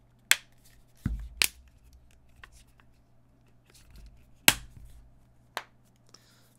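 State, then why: Seated. A thin aramid-fiber case is pressed onto a Google Pixel 9 Pro XL smartphone, producing sharp clicks and handling rustles at about 0.3, 1.1, 1.4 and 5.6 seconds. The case snaps into place with a loud click at 4.5 seconds and is fully seated on the phone.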